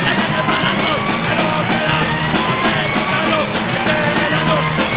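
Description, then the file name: Pigs calling, a packed chorus of shrill squeals mixed with lower grunts, unbroken throughout. "cerdos"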